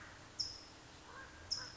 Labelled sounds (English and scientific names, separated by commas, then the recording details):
California Towhee (Melozone crissalis)
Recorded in Sonoma County, California